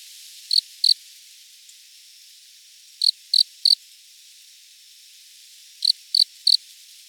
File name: Loxoblemmus sylvestris